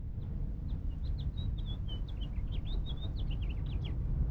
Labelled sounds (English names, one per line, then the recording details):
House Finch song
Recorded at Lawrence on Long Island, New York, on 4 June 1975
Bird D